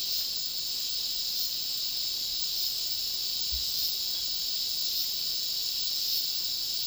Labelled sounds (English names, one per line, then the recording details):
none
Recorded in dense forest near Puerto Asís, Putumayo, Colombia, on 18 February 2024 at 10:00
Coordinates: 0.500, -76.322
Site G6465